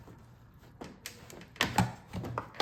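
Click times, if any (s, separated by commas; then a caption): none. A plastic air intake duct on a 2013 Mercedes-Benz C250 engine is handled and pushed toward its intake fitting, with sharp plastic knocks and scrapes around 1.1, 1.6, 1.8, 2.4 and 2.6 seconds. The duct has not clicked into place yet; nothing has seated.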